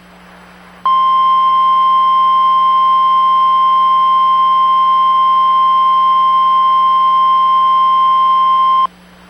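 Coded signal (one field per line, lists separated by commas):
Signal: Emergency Alert System (SAME) tones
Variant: 1050 Hz attention tone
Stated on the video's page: Mock recreation with valid tones of a South Dakota civil emergency message about flooding, styled as a Midcontinent cable system alert.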